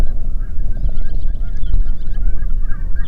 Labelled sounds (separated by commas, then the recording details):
songbird, waterfowl, wind
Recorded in the Prudhoe Bay oil fields, Alaska, on 8 June 2019 at 04:19
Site 30